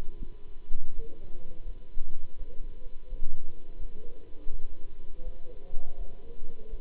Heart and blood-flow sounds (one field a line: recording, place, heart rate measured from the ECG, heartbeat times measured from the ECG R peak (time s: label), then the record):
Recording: heart sounds by stethoscope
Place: between the tricuspid and mitral areas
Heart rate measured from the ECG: 83 bpm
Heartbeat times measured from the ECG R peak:
0.16 s: heartbeat
0.93 s: heartbeat
1.63 s: heartbeat
2.36 s: heartbeat
3.08 s: heartbeat
3.78 s: heartbeat
4.49 s: heartbeat
5.23 s: heartbeat
5.96 s: heartbeat
6.69 s: heartbeat
From the record:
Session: Bruce protocol treadmill stress test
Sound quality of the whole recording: good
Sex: male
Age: 26 years